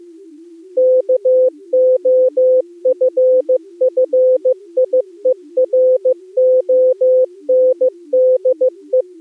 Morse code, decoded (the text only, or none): KOFFIE RONDE